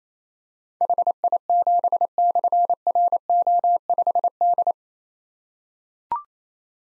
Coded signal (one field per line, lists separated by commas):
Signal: Morse code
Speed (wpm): 28 wpm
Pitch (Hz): 700 Hz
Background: none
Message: HI7/RO5D